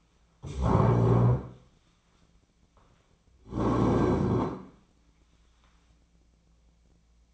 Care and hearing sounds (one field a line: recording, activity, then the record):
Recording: daily activity, microphone in the room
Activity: stand up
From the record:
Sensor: 1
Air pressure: 1009.2 hPa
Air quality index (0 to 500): 176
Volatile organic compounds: 3 ppm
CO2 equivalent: 1480 ppm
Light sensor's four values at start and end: 39/105/43/51 and 37/97/40/47